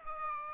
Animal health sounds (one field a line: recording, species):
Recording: mosquito wingbeat signal from an infrared sensor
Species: Aedes aegypti